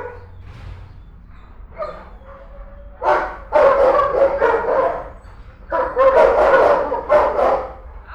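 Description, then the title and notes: Dogs barking, quiet at first, then loud dense bursts of overlapping barks from several animals. Several dogs barking in the dog department of the Albert Schweitzer animal shelter, Altenessen-Süd, Essen, Germany, as a dog returns from a walk. "Altenessen - Süd, Essen, Deutschland - essen, albert schweitzer tierheim, dogs. Im Albert Schweitzer Tierheim in der Hunde Abteilung. Die Klänge von Hundegebell als ein Tier vom "Gassi"- Gehen zurück kehrt. Projekt - Stadtklang//: Hörorte"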